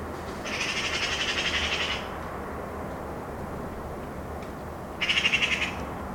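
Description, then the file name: Eurasian magpie with a longer harsh rattle followed a few seconds later by a shorter, sharper chatter burst, over steady background noise. "Pica pica"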